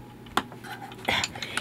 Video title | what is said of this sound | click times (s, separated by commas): How to make eyelets with your sewing machine | Unless you hear, haha, there it is, that nice click, this is | 0.4 s